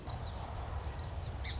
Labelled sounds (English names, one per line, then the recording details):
Song Sparrow
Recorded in Sonoma County, California